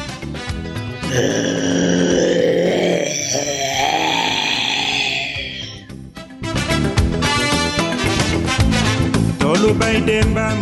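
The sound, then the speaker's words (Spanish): A powerful, rasping animal roar over the savanna at dusk rumbles loudly for about six seconds, rising and wavering in a growling tone, then cuts off and gives way to loud, dense music. “De pronto, un potente rugido ensordeció toda la sabana.”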